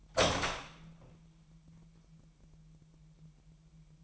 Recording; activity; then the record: daily activity, microphone in the room; open door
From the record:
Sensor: 1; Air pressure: 998.5 hPa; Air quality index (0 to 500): 128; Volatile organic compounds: 3 ppm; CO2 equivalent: 1534 ppm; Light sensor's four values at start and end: 20/65/26/27 and 20/65/26/27